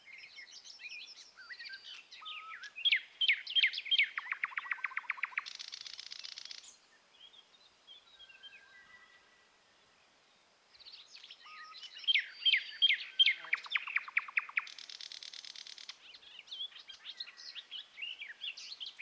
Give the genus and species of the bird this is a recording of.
Luscinia luscinia